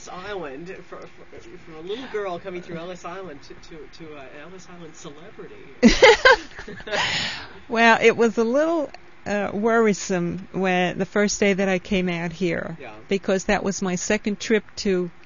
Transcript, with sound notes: From Ellis Island...from a little girl coming through Ellis Island to, to an Ellis Island celebrity. (they laugh)
Well, it was a little worrisome when the first day I came out here because that was my second trip to